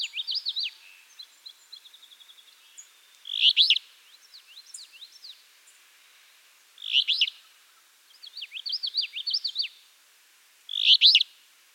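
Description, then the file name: Alder flycatcher giving three short, harsh burry phrases every few seconds, with quick zigzagging chirpy notes and a brief trill between them. "Empidonax alnorum - Alder Flycatcher"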